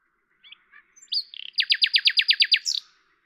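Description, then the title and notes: Common nightingale song phrase: soft quiet notes build into a loud, fast series of identical descending notes, ending with a brief higher note. Recorded at Lavours, France, on 10 May 1998 with a Tascam DAP-1 recorder and Telinga microphone, edited in Samplitude 5.1. "rossignol à LAVOURS. D83, 01350 Lavours, France. 10/05/1998"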